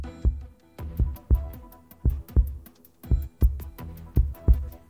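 Steady, deep lub-dub pairs repeat at about 57 beats a minute, with a faint high ticking over them. It is a regular, slow adult heartbeat.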